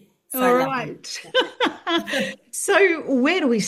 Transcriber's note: laughs